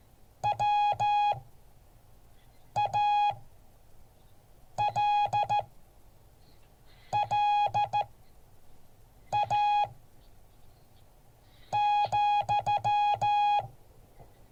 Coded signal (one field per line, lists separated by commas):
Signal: Morse code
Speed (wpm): 14 wpm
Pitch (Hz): 830 Hz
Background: none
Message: WALLA,